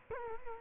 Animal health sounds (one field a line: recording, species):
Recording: mosquito wingbeat signal from an infrared sensor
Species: Culex quinquefasciatus